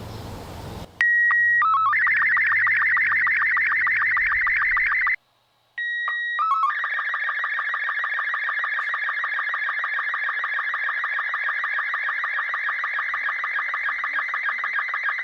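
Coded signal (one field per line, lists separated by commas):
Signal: SSTV (slow-scan television)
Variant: Robot 36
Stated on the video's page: SSTV picture sent over PMR walkie-talkies from smartphones running the SSTV Encoder app.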